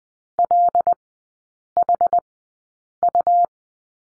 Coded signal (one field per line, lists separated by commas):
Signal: Morse code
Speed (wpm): 20 wpm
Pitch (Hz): 700 Hz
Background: none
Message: LHU